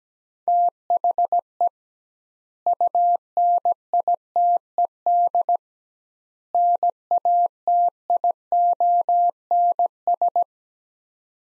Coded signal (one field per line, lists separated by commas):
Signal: Morse code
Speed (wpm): 17 wpm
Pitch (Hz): 700 Hz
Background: none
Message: THE UNITED NATIONS